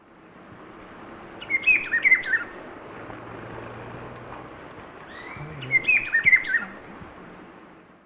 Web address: Natures Songs S America Birds of Ecuador Rufous-browed Peppershrike